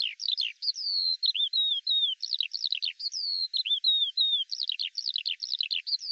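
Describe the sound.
Eurasian skylark song of tumbling high chirps mixed with longer sliding whistles, flowing on continuously without a break.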